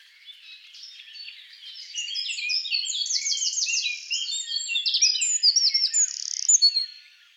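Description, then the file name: Eurasian wren song building from soft high twittering into loud, fast trills and piercing whistled notes, stopping sharply before the end. "Troglodytes troglodytes"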